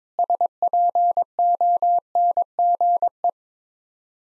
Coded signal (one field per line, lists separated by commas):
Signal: Morse code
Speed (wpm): 22 wpm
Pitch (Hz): 700 Hz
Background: none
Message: SPONGE